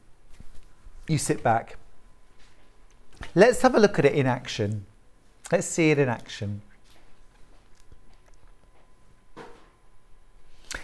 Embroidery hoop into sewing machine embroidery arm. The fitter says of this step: so here you can see putting the hoop in literally just clicks into place